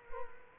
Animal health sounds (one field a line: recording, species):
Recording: mosquito wingbeat signal from an infrared sensor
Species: Culex quinquefasciatus